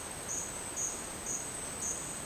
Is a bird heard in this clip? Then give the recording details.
no. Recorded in dense forest near Puerto Asís, Putumayo, Colombia, on 29 June 2025 at 10:30. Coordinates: 0.484, -76.317. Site G045